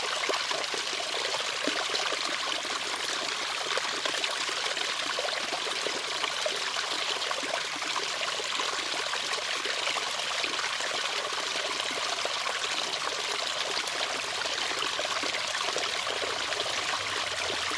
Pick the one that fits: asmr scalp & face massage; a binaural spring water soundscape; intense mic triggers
a binaural spring water soundscape